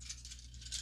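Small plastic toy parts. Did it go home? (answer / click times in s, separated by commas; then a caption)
no / none. The plastic leg section of a Transformers War for Cybertron Siege Springer transforming figure is handled, spun up and pushed toward its locked position. Light plastic rattling and handling noise sits over a steady low hum, with a brief louder tap at 0.3 s. Nothing has clicked or seated yet.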